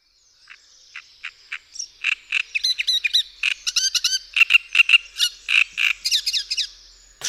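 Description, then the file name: Great reed warbler song, harsh creaking syllables in quick repeated groups alternating with thin squeaky notes. "Trzciniak"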